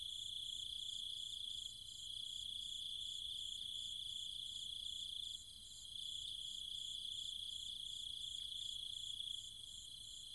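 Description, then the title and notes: Cicadas buzz without pause in a high, even drone, a pulsed upper layer ticking about four times a second, the volume sagging briefly a few times. Recorded at night in trees and fields of the countryside around Chiang Mai, Thailand, with other insects calling alongside the cicadas. "Cicada countryside, Thailand. Nighttime sounds of the cicadas and insects in the trees and fields, Chiang Mai, Thailand. Recorded by Alex Boyesen"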